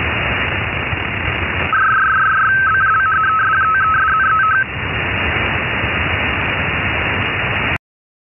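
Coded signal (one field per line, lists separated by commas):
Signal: RTTY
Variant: 51 baud, 270 Hz shift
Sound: steady hiss, then a three-second burst of rapid two-tone warbling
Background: radio static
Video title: Boya RTTY para redes pesqueras en 10 metros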